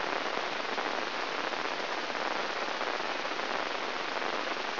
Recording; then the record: brain microelectrode recording played as sound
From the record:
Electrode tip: inside the subthalamic nucleus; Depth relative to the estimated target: -3.8 mm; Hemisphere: right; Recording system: AlphaMap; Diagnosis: Parkinson's disease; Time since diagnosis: 11 years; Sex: male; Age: 62 years